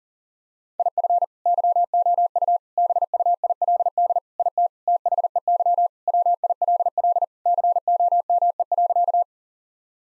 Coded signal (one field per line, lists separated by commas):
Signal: Morse code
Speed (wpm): 40 wpm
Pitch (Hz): 700 Hz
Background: none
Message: IF YOU BUILD IT THEY WILL COME.